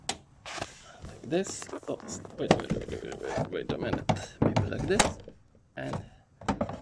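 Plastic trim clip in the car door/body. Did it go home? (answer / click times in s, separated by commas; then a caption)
released / 0.1 s. A plastic trim clip in the front door area of a Mercedes W201 being dismantled for painting is worked loose. It lets go with a small, sharp single click at 0.1 s, releasing the trim piece, while someone talks, and a few more short sharp ticks follow around 6.4–6.7 s.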